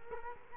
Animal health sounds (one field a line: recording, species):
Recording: mosquito wingbeat signal from an infrared sensor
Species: Culex quinquefasciatus